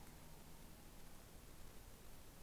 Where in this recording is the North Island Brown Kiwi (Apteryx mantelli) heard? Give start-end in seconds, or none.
none